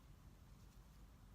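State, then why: Not seated. A watch bracelet clasp's micro-adjustment is handled, lifted through its three levels before being set down so it locks into place. Only a steady, low background rumble and faint handling noise are heard, with no distinct click. Nothing has seated or clicked yet.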